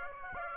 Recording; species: mosquito wingbeat signal from an infrared sensor; Aedes aegypti